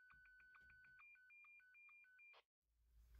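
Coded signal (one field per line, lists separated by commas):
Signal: none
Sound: a radio's key beeps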